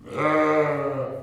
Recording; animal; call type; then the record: contact call of a hoofed animal; sheep; low-frequency (closed-mouth) or high-frequency (open-mouth) call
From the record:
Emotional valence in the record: negative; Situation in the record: short social isolation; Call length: 1.24 s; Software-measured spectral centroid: 1410 Hz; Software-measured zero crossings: 1420 a second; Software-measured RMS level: -23 dBFS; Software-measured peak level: -10 dBFS